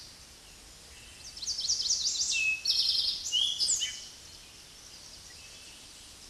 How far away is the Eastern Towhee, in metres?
about 5 m